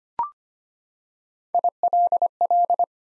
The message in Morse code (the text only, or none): ILL